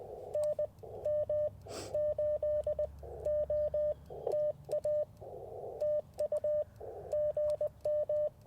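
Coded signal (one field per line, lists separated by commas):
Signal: Morse code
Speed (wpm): 20 wpm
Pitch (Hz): 600 Hz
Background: radio noise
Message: NM8O TA TU GM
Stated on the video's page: QRP CW Parks on the Air activation on a WARC band from a national forest, Icom IC-705 with Chelegance MC-750 antenna.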